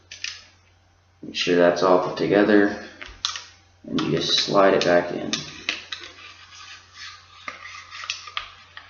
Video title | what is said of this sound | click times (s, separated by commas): How to Disassemble a M4A1 | everything locks in there you hear that reassuring click just | 8.4 s